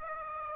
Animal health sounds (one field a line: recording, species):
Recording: mosquito wingbeat signal from an infrared sensor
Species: Aedes aegypti